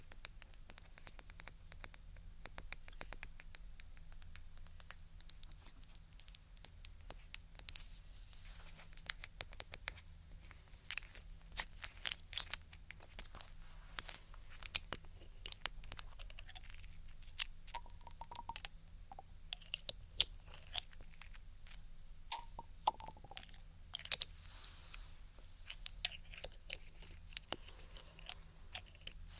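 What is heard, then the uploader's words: Ear attention triggers: dense, irregular tapping and rubbing crackle through the whole stretch, with sharp clicks every second or so and brief squeaky smears near 18 and 23 seconds. A steady low hum sits underneath throughout. ASMR INTENSE Ear Attention Triggers (Tapping, Rubbing, Cupping, Lotion, Latex).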